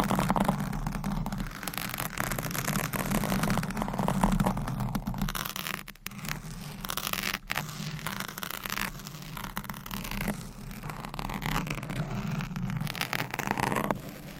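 Microphones being scratched make a dense, continuous rasping and scraping sound with a low rumbling hum underneath. The texture shifts as the scratching changes, with brief near-silent breaks at about six and seven seconds before the rough scraping resumes.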